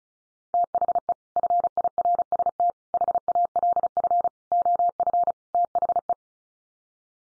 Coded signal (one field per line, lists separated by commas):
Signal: Morse code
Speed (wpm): 34 wpm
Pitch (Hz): 700 Hz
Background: none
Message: THE FIRST HALF OF THE